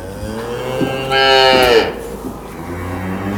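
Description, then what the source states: Cow mooing once, a harmonic low with a slight downward bend, over a steady low hum. Cows on a farm at Cascina Pasque', Besnate, Italy, 11 December 2018; the cows are not chatty, especially when licking salt blocks.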